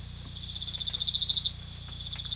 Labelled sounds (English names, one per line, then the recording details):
none
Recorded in pastures near Puerto Asís, Putumayo, Colombia, on 16 December 2024 at 03:00
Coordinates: 0.472, -76.331
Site GP02